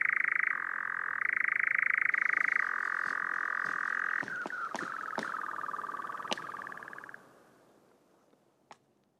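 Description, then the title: European nightjar churring in a steady trill that breaks and wavers midway, with a few sharp clicks before the sound fades out. "Kehrääjä"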